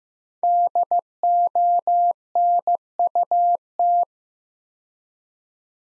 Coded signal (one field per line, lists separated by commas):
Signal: Morse code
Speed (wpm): 16 wpm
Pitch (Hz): 700 Hz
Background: none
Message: DONUT